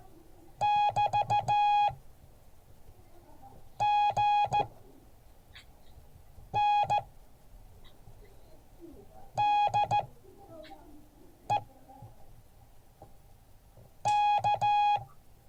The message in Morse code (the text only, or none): <BT> GN DE K